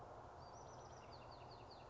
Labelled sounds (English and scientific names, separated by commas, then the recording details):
Bewick's Wren (Thryomanes bewickii)
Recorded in Sonoma County, California